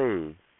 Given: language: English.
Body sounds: throat vibration sensor signal played as sound; speech

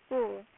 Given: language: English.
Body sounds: throat vibration sensor signal played as sound; speech

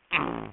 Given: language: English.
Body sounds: throat vibration sensor signal played as sound; throat clearing

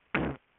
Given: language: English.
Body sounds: throat vibration sensor signal played as sound; cough

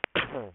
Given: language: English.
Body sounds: throat vibration sensor signal played as sound; cough

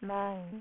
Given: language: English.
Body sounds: throat vibration sensor signal played as sound; speech

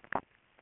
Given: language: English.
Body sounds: throat vibration sensor signal played as sound; swallow

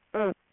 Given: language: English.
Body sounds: throat vibration sensor signal played as sound; speech

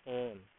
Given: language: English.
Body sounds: throat vibration sensor signal played as sound; speech

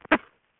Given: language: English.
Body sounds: throat vibration sensor signal played as sound; cough

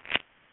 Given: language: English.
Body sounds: throat vibration sensor signal played as sound; swallow

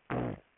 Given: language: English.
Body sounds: throat vibration sensor signal played as sound; throat clearing

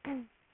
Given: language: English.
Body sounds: throat vibration sensor signal played as sound; throat clearing

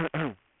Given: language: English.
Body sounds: throat vibration sensor signal played as sound; throat clearing

